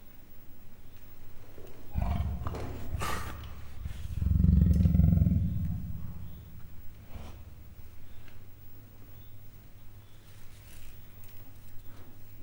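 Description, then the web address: Leopard growl: a brief rough burst, then a swelling, deep throaty growl lasting over a second, fading to soft low rumbles and quiet. Male and female leopards, captive in a zoo in Miskolc, 2009; growling and muffled cries. "allathangok miskolcizoo 2009 standardt leopard himnosteny morgasfojtottkialtas"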